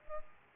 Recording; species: mosquito wingbeat signal from an infrared sensor; Culex pipiens